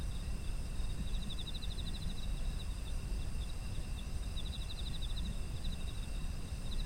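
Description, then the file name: Insects chirping: a rapid pulsed trill early, then two more bursts later, over steady shrill tones and a deep background rumble. Autumn insect ambient sound. "秋の虫の環境音"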